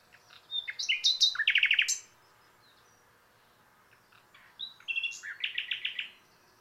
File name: Luscinia megarhynchos